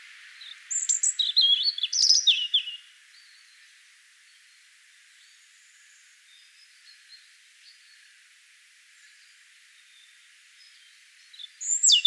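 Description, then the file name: European robin song: a quick, sparkling warble of high whistles, then a long quiet gap, and another thin phrase starting at the end. "Erithacus rubecula"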